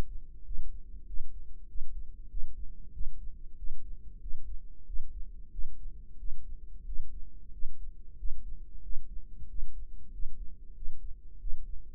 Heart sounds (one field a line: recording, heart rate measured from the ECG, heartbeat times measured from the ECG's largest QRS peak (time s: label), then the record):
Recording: heart sounds by microphone in the right ear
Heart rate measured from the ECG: 93 bpm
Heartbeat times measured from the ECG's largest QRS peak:
0.46 s: heartbeat
1.08 s: heartbeat
1.69 s: heartbeat
2.31 s: heartbeat
2.94 s: heartbeat
3.58 s: heartbeat
4.22 s: heartbeat
4.87 s: heartbeat
5.52 s: heartbeat
6.19 s: heartbeat
6.87 s: heartbeat
7.53 s: heartbeat
8.19 s: heartbeat
8.84 s: heartbeat
9.50 s: heartbeat
10.13 s: heartbeat
10.76 s: heartbeat
11.41 s: heartbeat
From the record:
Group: healthy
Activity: rest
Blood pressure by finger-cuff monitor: 167/81 mmHg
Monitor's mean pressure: 103 mmHg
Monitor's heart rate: 95 bpm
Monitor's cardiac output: 8.4 L/min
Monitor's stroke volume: 88 mL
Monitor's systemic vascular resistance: 900 dyn s/cm5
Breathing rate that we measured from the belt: 19 breaths a minute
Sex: male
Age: 21 years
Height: 175 cm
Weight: 72.6 kg